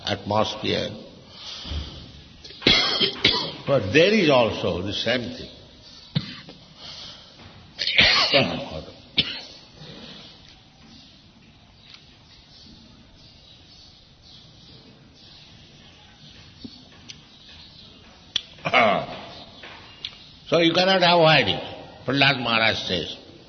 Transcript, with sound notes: atmosphere, but there is also the same thing. (coughing) Water. So you cannot avoid it, Prahlāda Mahārāja says.